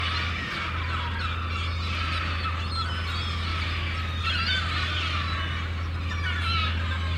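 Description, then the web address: Gulls crying together, a busy tangle of wailing and yelping calls above a steady low hum. Gulls at a harbour, described as crazy. "The Sound Pack Tree - Sonic Seaside - Crazy Harbor Seagulls"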